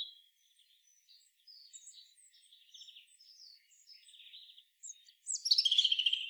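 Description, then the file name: European robin song: quiet, rambling high twitters and warbles for most, ending in a louder, bright trilled phrase. "Erithacus rubecula"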